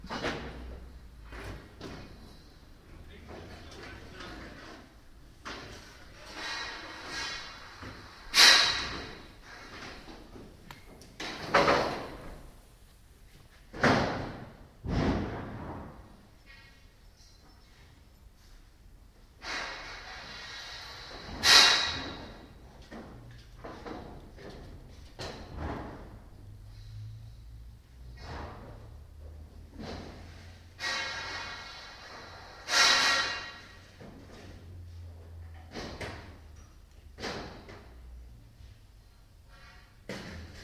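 Construction workers put up scaffolding outdoors, with irregular metal clanks and bangs every few seconds, the loudest ringing sharply near 8, 21 and 33 seconds. Scraping and rattling fill the gaps, over a low traffic-like rumble and faint voices.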